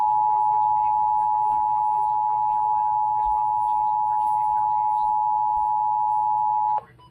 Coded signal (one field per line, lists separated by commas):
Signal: Emergency Alert System (SAME) tones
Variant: 853 and 960 Hz attention tone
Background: speech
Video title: Severe Weather EAS Alerts (Marginal Risk) (7/7/26) EAS 275 - 278